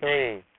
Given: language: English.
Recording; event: throat vibration sensor signal played as sound; speech